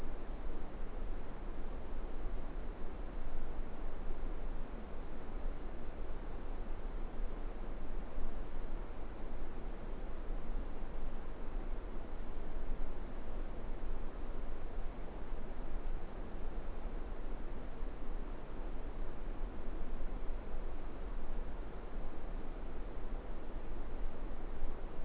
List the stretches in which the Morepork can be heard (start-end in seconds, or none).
none